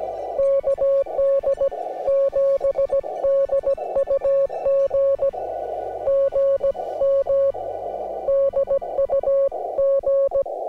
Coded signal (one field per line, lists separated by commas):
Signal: Morse code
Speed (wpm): 17 wpm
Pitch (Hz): 560 Hz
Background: music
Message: KD7DUG GM DUG